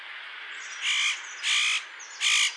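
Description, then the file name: Spotted nutcracker giving three harsh, rasping calls, each about a quarter second long, spaced under a second apart. "ORZECHOWKA"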